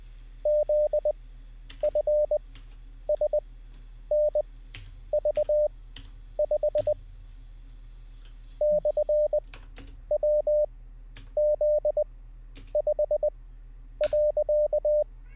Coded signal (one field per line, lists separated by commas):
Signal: Morse code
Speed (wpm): 20 wpm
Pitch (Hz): 600 Hz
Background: none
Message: ZFSNV5 /WZ5.